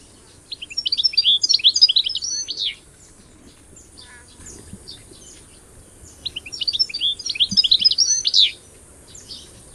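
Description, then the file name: European goldfinch twittering: two bursts of quick, tinkling high notes, with quieter chirps between. "Carduelis carduelis"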